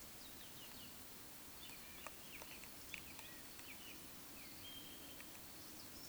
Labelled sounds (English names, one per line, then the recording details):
Eurasian Woodcock whistle
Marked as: whistle, whistle
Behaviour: display flight
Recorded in Baden-Württemberg, Germany, on 16 June 2020 at 20:09 UTC
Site 46874, 985 m above sea level